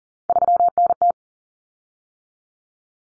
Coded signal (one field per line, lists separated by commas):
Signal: Morse code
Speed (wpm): 40 wpm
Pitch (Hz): 700 Hz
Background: none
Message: 3NT